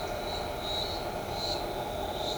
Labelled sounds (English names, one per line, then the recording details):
none
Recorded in shrubland near Pivijay, Magdalena, Colombia, on 18 April 2023 at 10:30
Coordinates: 10.453, -74.365
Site P5-G022